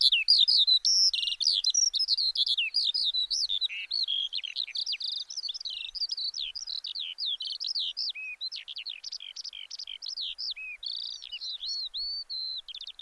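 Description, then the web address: Bird calls: continuous high twittering with whistled slurs, clicks and rapid buzzy trills, gradually softening, no other sounds. "Deverinetal. Bird Only"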